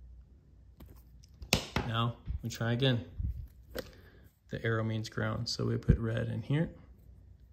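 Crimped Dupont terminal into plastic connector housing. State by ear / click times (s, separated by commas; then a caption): not seated / none. A crimped Dupont female terminal on a red wire is handled and lined up to be pushed into a plastic connector housing while someone talks. Nothing has seated or clicked yet when the clip ends.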